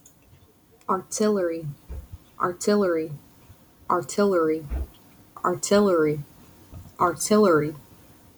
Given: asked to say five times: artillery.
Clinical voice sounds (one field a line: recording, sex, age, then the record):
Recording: repeated word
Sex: female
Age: 20 to 29 years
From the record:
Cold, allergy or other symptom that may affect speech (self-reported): no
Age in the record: 28 years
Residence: Louisiana, United States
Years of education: 16